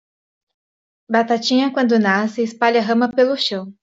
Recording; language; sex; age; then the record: short text; Brazilian Portuguese; female; 20 to 29 years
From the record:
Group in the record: control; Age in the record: 29 years